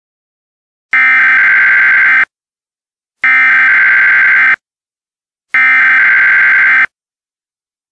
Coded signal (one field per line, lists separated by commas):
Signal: Emergency Alert System (SAME) tones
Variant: header bursts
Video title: EAS Scenario: The Genetic Code Part 2